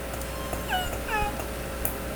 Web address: Orca Calls Alwin. call S 7 (Jversion 5 )